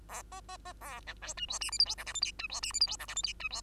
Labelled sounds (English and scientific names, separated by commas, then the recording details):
Bengalese Finch (Lonchura striata domestica) song
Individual Bird2